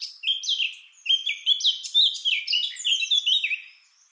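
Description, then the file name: Eurasian blackcap song, a continuous bright warbling phrase of quick, varied fluty and scratchy high notes, dying away at the end. "Sylvia atricapilla"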